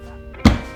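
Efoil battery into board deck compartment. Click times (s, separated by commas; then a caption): 0.5 s. An efoil battery for a Waydoo Flyer One is pushed down into the board's deck compartment until the tabs on either side snap into place to secure it. Over steady background music, there is a soft rise at 0.4 s, then a sharp thunk at 0.5 s as the battery seats, confirmed secure.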